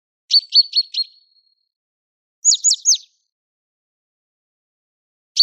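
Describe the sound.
Great tit song: a quick phrase of four sharp, high, downslurred notes, a pause, then three more such notes and the start of another, otherwise quiet.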